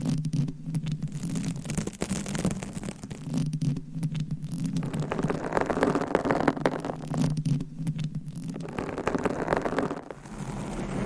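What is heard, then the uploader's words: Dense, continuous scratching on a mic, rasping and uneven with a steady low hum, brief quieter dips around two, four and ten seconds. Mic Scratching - Brain Scratching with 20 DIFFERENT MICS & CLAWS.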